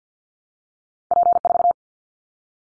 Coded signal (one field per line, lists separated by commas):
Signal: Morse code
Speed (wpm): 50 wpm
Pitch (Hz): 700 Hz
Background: none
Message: P4